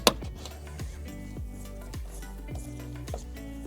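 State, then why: Seated. A small plastic cover is pressed onto the rear door trim panel of a FIAT Grande Punto during a rear speaker replacement and snaps into place almost by itself. A sharp click is heard at 0.1 s over steady background music, with a few fainter taps afterwards. The cover is seated.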